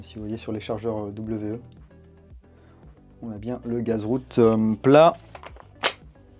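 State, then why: Seated. Someone talks while a gas magazine with a flat gas route is pushed into the magazine well of a Lambda Defence B&T GHM9-G airsoft replica. A sharp click at 5.9 s marks the magazine seating, and the bolt stop works.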